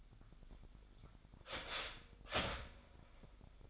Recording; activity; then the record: daily activity, microphone in the room; start toaster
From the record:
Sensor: 5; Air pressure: 1002.0 hPa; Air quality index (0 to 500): 203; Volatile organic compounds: 18 ppm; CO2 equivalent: 2628 ppm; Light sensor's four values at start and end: 34/109/42/44 and 34/109/42/44